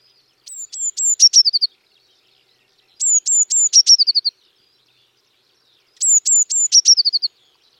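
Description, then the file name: Eurasian Blue Tit song: three phrases about three seconds apart, each with a few high thin notes dropping into a quick, even trill. "Cyanistes caeruleus"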